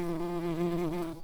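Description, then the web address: Early bumblebee buzz, a steady low droning hum with rich overtones, wavering slightly in pitch, lasting just over a second. Queens of the early bumblebee. "bumblebees Pratorum-queens"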